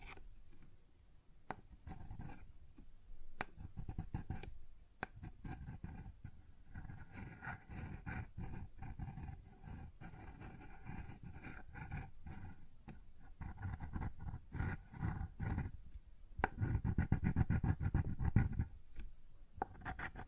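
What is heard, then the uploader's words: Scratching and rubbing on a wooden surface, made of dense, rapid strokes and taps that keep going for the whole clip. The scraping comes in bursts with short pauses, low and gritty with brighter rasping edges, and grows heavier and louder for a stretch near the end. ASMR Sounds on Wooden Surface (No Talking).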